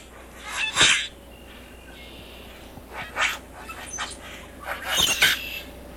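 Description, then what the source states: Common grackle giving a few harsh, scratchy bursts with squeaky high overtones, spaced irregularly over several seconds against a steady low background hiss. Marshbird survey training.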